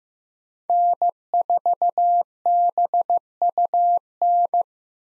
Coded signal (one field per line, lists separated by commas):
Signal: Morse code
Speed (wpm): 15 wpm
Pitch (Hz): 700 Hz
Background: none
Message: N4BUN